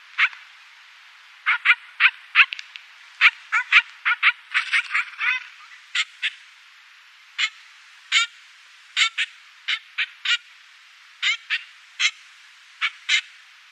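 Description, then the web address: Trumpeter finch calls: short, bright, somewhat nasal notes, clustered early on, then spaced out at irregular intervals to the end. "Schulze Peter Trumpeter Finch calls"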